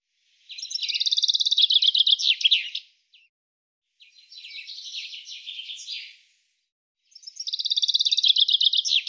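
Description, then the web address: Bird repeating three high trilled phrases, each about two to three seconds long with short silent gaps; the middle phrase is softer and buzzier. "cianscape birddata Deverinetal 2025 Bird"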